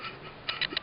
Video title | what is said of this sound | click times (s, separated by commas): Transformers: Generations: Thrilling Thirty Voyager Class Brainstorm | you heard that click it's not supposed to click like that it's not supposed to go down that far and I just can't seem to get it | 0.6 s